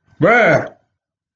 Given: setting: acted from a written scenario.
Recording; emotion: vocal sound without words; fear